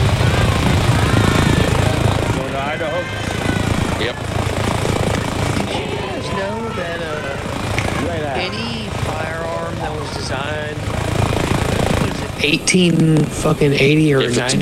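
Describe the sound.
A steady, rumbling airplane engine drones low and loud throughout, with people talking over it and an energetic burst of voices near the end.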